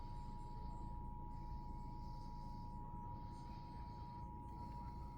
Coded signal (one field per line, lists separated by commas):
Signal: Emergency Alert System (SAME) tones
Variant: 853 and 960 Hz attention tone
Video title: eas#26 severe thunderstorm warning